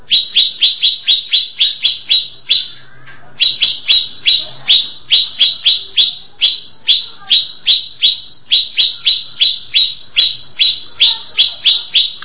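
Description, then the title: Greater Green Leafbird giving a long series of many clear downslurred whistles in quick succession, with a brief pause before continuing steadily. "Cucak ijo"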